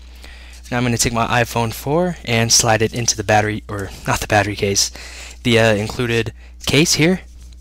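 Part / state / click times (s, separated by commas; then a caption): top piece of a charging receiver case onto a smartphone / not seated / none. An iPhone 4 is handled with the included plastic Powermat wireless-charging receiver case, about to be slid in before the case's top piece is pressed on at its two corners. Someone talks throughout over a low steady hum, with a faint soft bump near the start and a tiny tick at the very end. Nothing has seated or clicked yet.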